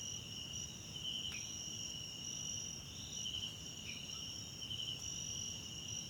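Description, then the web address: Crickets keep up a steady shrill drone, with occasional pulsed chirps and a couple of brief lower sliding notes, over soft low background noise. Background crickets at night in a wetland park at Kosi Forest Lodge, South Africa. "Tonschliff - SOUTH AFRICAN CRICKETS BG South Africa Wetland Park Kosi Forest Lodge Night"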